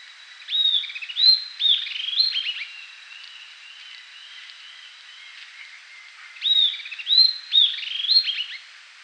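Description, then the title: Southern antpipit call phrases, two bursts about six seconds apart, each of loud slurred whistled notes and rapid clipped chirps, with faint hiss between. "LuckyPassaro Completos2Sama. Southern Antpipit (Corythopis delalandi)"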